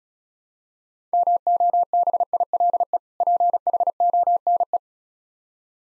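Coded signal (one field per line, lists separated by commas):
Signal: Morse code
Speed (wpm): 36 wpm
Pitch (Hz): 700 Hz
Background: none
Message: MOBILE PHONE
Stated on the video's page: Morse practice set for speed-racing difficult words at 28 wpm, with contextual hints.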